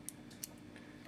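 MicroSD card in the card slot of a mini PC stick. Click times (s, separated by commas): 0.1 s, 0.4 s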